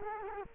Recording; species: mosquito wingbeat signal from an infrared sensor; Culex quinquefasciatus